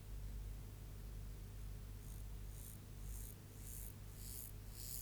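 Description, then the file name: Mottled grasshopper, six soft, rasping pulses arriving from the second second onward above a low, steady hum. "Myrmeleotettix maculatus"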